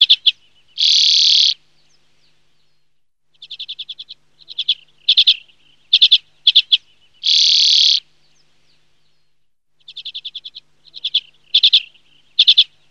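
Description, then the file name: Common redpoll gives high dry chattering trills and quick twittering chet notes, broken by long rasping buzzes, in an otherwise quiet background. "URPIAINEN"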